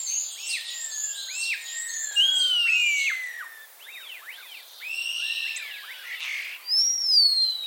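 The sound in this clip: Common starling with a quick run of high notes, then a long falling whistle, arched repeated notes and a final bright slurred whistle.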